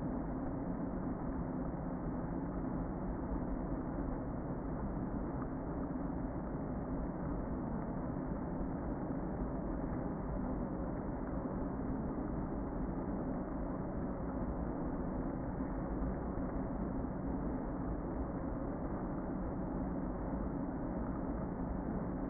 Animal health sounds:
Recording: honeybee colony, microphone inside the hive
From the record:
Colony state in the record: queen present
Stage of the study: before two queens were removed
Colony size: about 60,000 bees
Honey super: yes

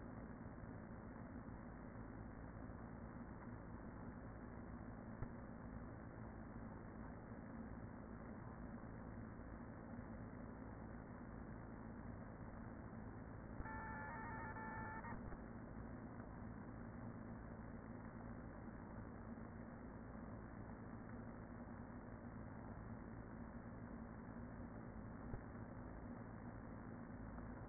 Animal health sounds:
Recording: honeybee colony, microphone inside the hive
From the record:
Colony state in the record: queen present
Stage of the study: after two queens were removed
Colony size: about 40,000 bees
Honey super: no

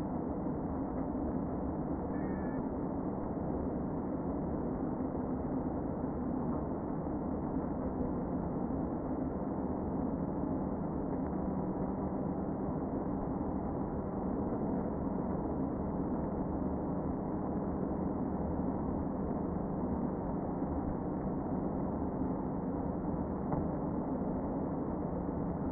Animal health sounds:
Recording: honeybee colony, microphone inside the hive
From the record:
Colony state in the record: queen present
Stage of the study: before two queens were removed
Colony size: about 60,000 bees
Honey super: yes

